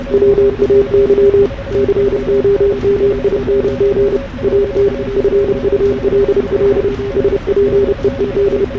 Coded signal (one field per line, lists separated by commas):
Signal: Morse code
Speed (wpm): 30 wpm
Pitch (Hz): 400 Hz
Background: radio noise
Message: WAY COMING AT FULL SPEED